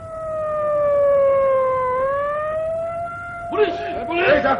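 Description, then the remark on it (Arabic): A police siren holds a loud, steady wailing tone that sags slightly in pitch and slowly climbs back, then shouting voices break in over it near the end. “بوليس يا بوليس. ايه ده؟”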